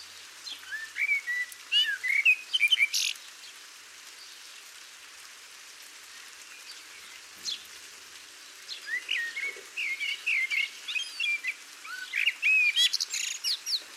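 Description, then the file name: Eurasian blackbird song: two bouts of whistled phrases with squeaky twitters, separated by a quiet gap of several seconds. "Turdus merula"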